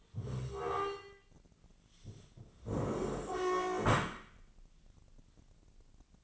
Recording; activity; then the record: daily activity, microphone in the room; stand up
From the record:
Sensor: 4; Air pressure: 1013.1 hPa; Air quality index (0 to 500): 170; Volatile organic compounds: 2 ppm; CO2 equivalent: 1078 ppm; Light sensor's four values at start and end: 52/129/55/58 and 52/128/54/58